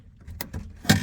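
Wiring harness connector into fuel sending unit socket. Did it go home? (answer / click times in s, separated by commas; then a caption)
yes / 0.4 s. A plastic wiring harness connector is pushed into its socket on the fuel pump sending unit of a 1996-2000 Honda Civic during a repair of the low fuel indicator light. A sharp click at 0.4 s shows the connector seating fully, surrounded by soft handling rustles and a louder knock near 0.9 s.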